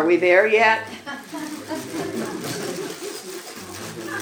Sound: laughter